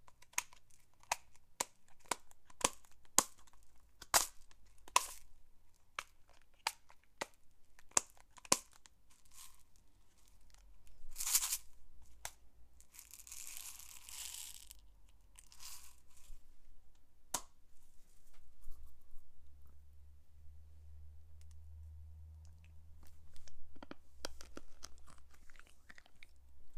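Sharp crinkles and crunchy clicks of sweets tick regularly for the first seventeen seconds, then a low rumbling hum and quieter rustling follow.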